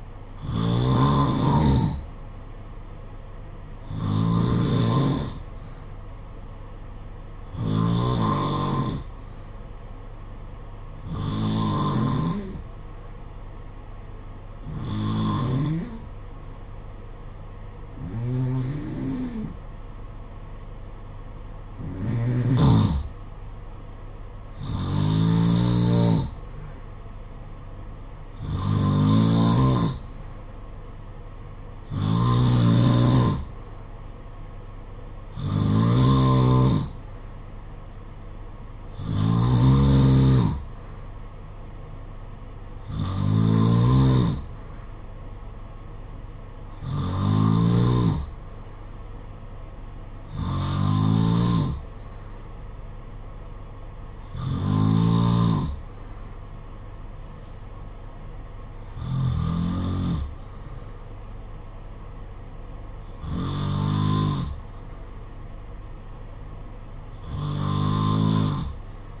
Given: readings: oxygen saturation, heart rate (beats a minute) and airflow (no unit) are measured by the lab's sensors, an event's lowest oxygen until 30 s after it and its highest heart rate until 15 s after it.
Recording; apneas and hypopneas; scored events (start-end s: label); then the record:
breathing in sleep by a smartphone at the bedside; none
none scored
From the record:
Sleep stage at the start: N2 (light sleep); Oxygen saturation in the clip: 91 to 94%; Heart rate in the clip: 51 to 61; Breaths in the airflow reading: 19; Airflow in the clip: -6.8 to 4.9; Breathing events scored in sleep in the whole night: 476 in 9.7 hours asleep